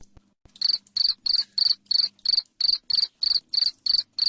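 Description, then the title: Cricket chirping steadily, bright high-pitched chirps repeated about three times a second without a break. Loud cricket chirping ('jangkrik ngerik keras'), played to make lovebirds keep calling 'ngekek'. "Suara JANGKRIK NGERIK Keras Bikin LOVEBIRD Jadi NGEKEK Terus Vubey"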